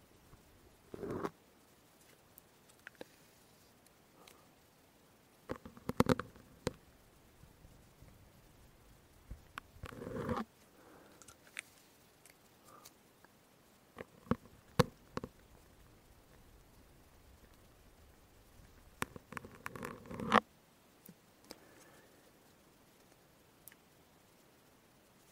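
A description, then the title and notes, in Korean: Syringe sounds come in short scratchy bursts, each lasting under a second, about every four or five seconds, with the longest strokes near 6, 10 and 20 seconds. Small sharp clicks and taps fall between them over a quiet background. 주사기 소리 열심히 담아봤어요.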